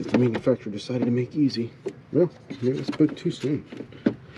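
A plastic coolant reservoir is being handled toward its mounting bracket on a 2017 Jeep Wrangler during a water pump change, its tabs meant to go into holes so it slides down and locks into place. Someone talks throughout while faint rubbing and handling noises sit underneath. Nothing has seated or clicked yet.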